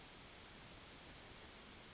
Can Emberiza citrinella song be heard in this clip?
yes